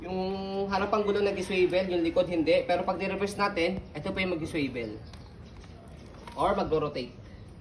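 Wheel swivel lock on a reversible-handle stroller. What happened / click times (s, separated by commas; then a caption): Handled, not yet locked: no seating click from the wheel lock / none. Someone talks over the handling of an Aprica Luxuna Comfort stroller with a reversible handle, where reversing the handle changes which wheels swivel so the stroller is easy to maneuver. The wheel swivel lock has not clicked or seated yet; the clip ends before it locks.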